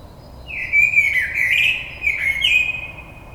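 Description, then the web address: Common blackbird song, a smooth mellow warble wandering up and down in pitch, closed by a short higher note. Recorded on 22 May 2022. "oiseaux Merle 2022 05 22"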